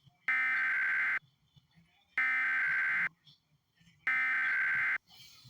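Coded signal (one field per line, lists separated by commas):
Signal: Emergency Alert System (SAME) tones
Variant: header bursts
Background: speech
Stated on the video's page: Fictional EAS scenario about fog.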